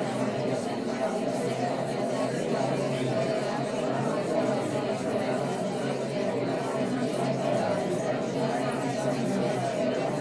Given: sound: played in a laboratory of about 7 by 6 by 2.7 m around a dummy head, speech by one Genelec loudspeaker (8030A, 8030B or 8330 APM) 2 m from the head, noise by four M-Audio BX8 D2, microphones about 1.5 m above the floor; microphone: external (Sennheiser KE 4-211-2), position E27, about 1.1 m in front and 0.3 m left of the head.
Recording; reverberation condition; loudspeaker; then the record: babble noise; low; four, about 170 cm from the corners of the room and facing them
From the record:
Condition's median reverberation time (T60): about 310 ms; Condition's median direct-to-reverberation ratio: about 3.5 dB